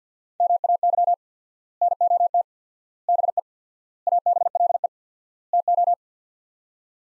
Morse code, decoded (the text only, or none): MAY NOT BE ABLE TO